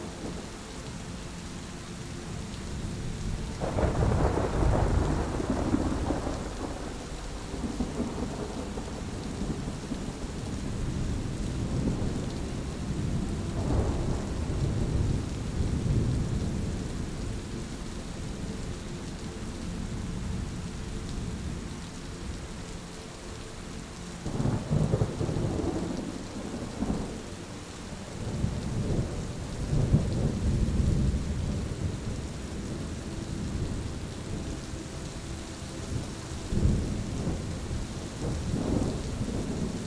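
A storm with steady rain hiss under deep, rolling thunder. Low rumbles swell near the start, again around thirteen seconds, and in a heavier cluster between twenty-five and thirty-two seconds, fading slowly each time. Between rolls the rain continues evenly.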